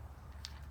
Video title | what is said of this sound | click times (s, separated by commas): How To Assemble Your New Drip Garden | just a couple inches from each side just snap on into place | 0.4 s